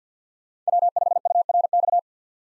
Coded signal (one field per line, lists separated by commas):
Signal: Morse code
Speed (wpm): 50 wpm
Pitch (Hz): 700 Hz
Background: none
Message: W5URX